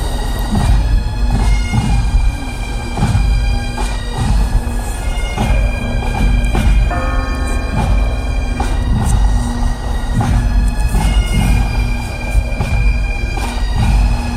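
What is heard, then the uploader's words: Bagpipes play a loud, steady tune over an unbroken low drone at a constant level. Church bells toll repeatedly underneath, striking about every second or two and ringing on. The sound stays dense and full throughout with no pauses. Bag pipes play, tolling of the bells following the funeral Mass.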